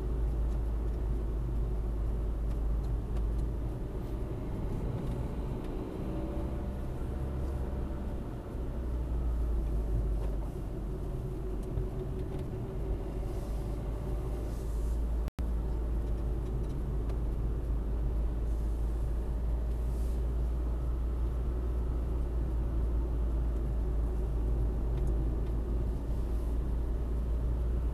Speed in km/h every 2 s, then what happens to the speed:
37, 39, 50, 49, 40, 38, 43, 41, 38, 42, 43, 40, 44, 42.
0-4 speeds up to 50. 6-9 brakes to 38. 9-28 steady at about 42.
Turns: none.